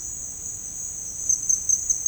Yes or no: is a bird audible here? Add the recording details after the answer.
no. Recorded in dense forest near Puerto Asís, Putumayo, Colombia, on 25 June 2025 at 11:00. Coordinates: 0.481, -76.323. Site G072